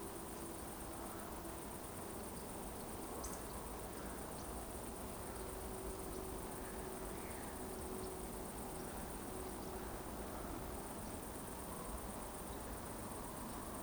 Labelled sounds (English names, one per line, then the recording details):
Eurasian Woodcock whistle
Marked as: whistle, whistle, whistle, whistle, whistle, whistle, whistle, whistle, whistle
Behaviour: display flight
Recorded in Baden-Württemberg, Germany, on 23 June 2020 at 20:25 UTC
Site 14569, 102 m above sea level